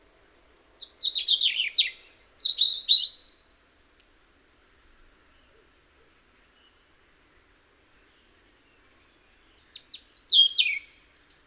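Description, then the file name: European robin singing a sweet, jumbled phrase of high whistles and rapid trills dropping in pitch, then a long pause before a second bright phrase begins at the end. "Erithacus rubecula"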